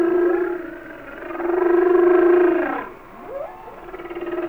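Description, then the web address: Humpback whale song: a long wavering tonal moan with pulsed texture, ending abruptly, followed by softer rising sweeps. "Natures Songs Whale Songs Sounds of Nature - Humpback Whales"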